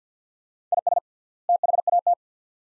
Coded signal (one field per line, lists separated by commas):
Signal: Morse code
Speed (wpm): 50 wpm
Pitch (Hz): 700 Hz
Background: none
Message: IS THAT